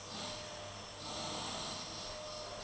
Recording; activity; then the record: daily activity, microphone in the room; vacuum cleaning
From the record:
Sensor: 4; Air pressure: 1010.4 hPa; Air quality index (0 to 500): 179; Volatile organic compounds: 5 ppm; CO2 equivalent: 1813 ppm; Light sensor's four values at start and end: 33/98/38/38 and 33/98/38/38